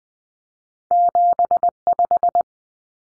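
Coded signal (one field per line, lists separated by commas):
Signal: Morse code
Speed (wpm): 20 wpm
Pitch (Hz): 700 Hz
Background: none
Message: 75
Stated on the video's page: Cut-number practice at 20 wpm, with T, A, N for 0, 1, 9; each two-digit number is sent twice.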